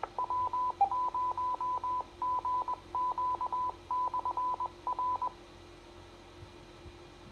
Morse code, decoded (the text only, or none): W0GQ/R